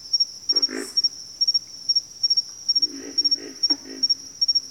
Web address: ENTER Music and Audio J - Nature Songs Nature Sounds Sounds of Nature Collection Pig Frogs